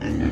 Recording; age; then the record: pig call; growing-finishing pig (85 days or more)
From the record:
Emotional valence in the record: negative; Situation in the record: barren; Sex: female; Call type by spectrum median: low-frequency call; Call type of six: low-frequency stable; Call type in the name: low-frequency stable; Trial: 1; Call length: 0.32 s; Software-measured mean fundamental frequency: 43 Hz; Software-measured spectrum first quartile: 151 Hz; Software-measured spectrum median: 272 Hz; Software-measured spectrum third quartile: 504 Hz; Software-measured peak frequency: 259 Hz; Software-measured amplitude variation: 153 dB a second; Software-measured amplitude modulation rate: 31.2 a second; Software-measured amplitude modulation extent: 4.9 dB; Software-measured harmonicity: -0.9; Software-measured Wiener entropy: -0.66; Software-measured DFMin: 867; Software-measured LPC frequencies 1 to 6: 296, 1776, 2709, 4083, 4628, 5703 Hz